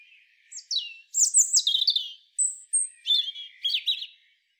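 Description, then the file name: European robin delivering a continuous phrase of sweet, high-pitched whistles, downward slurs and fast trilled notes broken by brief gaps. "Erithacus rubecula"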